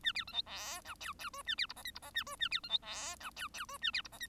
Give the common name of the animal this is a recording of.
Bengalese Finch